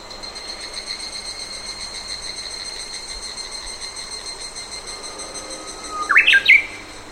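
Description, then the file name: Bird giving a brief burst of quick, chirpy notes near the end, over a steady background hiss. Birds in a forest in Sannohe during summer rain. "AMBIENCE SANNOHE FOREST SUMMER RAIN BIRDS NEARBY ROAD"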